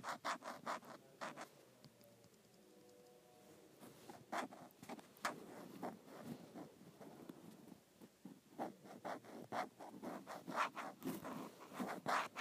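Scraping against an iPad case, in short rough strokes that come in bursts, sparse near the start and denser toward the end. A brief tonal squeak rings out around two to four seconds, and the later strokes are harsher and brighter.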